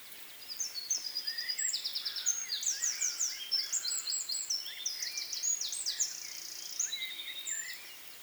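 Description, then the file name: Eurasian wren pouring out an energetic, high-pitched song of rapid trills, rattles and twittering notes for most, fading at the end. "Troglodytes troglodytes"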